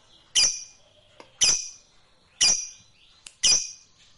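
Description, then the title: Lovebird chirps: four sharp, high, squeaky notes about one second apart, with near-silence between them. Fighter-type lovebird. "Begitu Dengar Suara Lovebird FIGHTER NGEKEK PANJANG"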